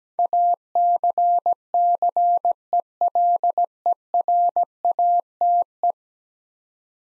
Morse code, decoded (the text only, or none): ACCELERATE